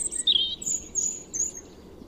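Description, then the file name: European robin song: thin high notes, a bright trill near the start followed by short very high whistled notes. "Erithacus rubecula"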